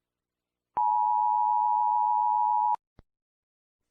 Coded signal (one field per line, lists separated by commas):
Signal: Emergency Alert System (SAME) tones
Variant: 853 and 960 Hz attention tone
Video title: EAS Scenario - The Happy Bear (Part 4) Collaboration with @pierosebastiani-eas